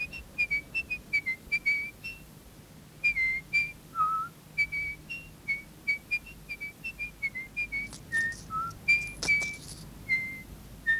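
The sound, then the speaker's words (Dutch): Pinocchio whistles a bright, bouncy, cheerful tune while walking briskly home, jingling gold coins in his pocket: quick, chirpy phrases of short notes rising and falling, with a low hum and faint rustling underneath and no talking. “Hij stapte stevig door en floot een vrolijk liedje, terwijl hij de gouden munten in zijn zak liet rammelen.”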